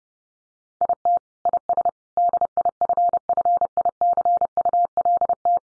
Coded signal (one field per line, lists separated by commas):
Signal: Morse code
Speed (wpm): 30 wpm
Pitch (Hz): 700 Hz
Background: none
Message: IT IS DIFFICULT